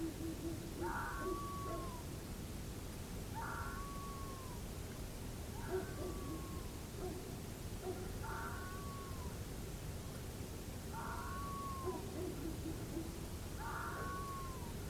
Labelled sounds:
fox
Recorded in France

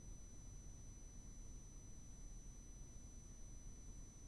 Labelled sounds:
none
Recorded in France

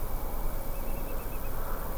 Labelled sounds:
Eurasian Whimbrel (Numenius phaeopus)
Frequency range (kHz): Eurasian Whimbrel (Numenius phaeopus) 2.4-2.8 kHz
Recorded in France

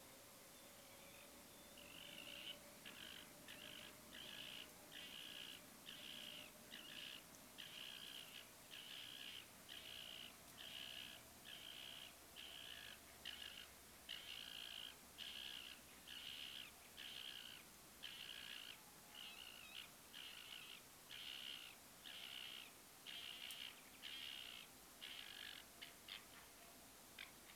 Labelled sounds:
Common Nightingale (Luscinia megarhynchos), Water Rail (Rallus aquaticus)
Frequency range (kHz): Common Nightingale (Luscinia megarhynchos) 2.3-3.7 kHz; Water Rail (Rallus aquaticus) 0.6-7.2 kHz
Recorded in France

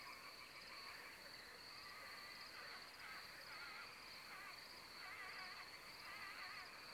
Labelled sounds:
Carrion Crow (Corvus corone)
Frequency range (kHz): Carrion Crow (Corvus corone) 0.7-3.0 kHz
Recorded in France

